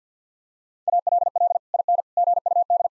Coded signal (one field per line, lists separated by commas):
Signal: Morse code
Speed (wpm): 50 wpm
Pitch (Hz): 700 Hz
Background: none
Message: ALL IN GUD